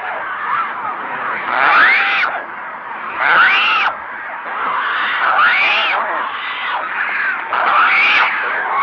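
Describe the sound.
Pelican calls: harsh, wailing cries with arched, rising-then-falling harmonics, given every couple of seconds over a continuous background of similar calls.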